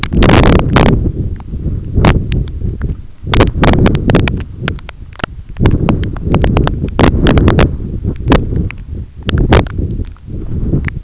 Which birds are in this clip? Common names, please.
none